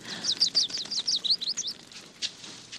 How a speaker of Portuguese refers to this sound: Um lindo passarinho azul.